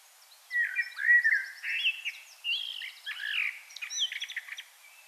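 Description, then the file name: Common blackbird singing: mellow fluted warbles mixed with thin, squeaky high twitters and rapid trills, continuous for about four seconds. "Turdus merula"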